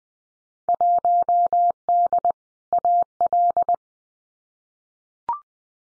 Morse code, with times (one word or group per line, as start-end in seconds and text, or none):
0.7-2.3 1D
2.7-3.7 AL